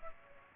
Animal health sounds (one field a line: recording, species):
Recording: mosquito wingbeat signal from an infrared sensor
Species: Aedes aegypti